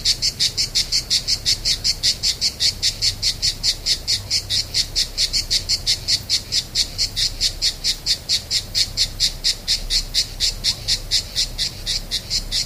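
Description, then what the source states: Cicada song, a steady series of rapid, raspy, buzzing pulses throughout, with a faint low hum underneath. Cicadas on 3 September 2009.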